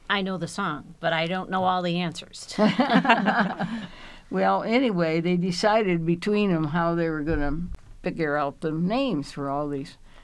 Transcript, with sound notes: I know the song, but I don't know all the answers. [LAUGHING]
Well, anyway, they decided between them how they were going to figure out the names for all these.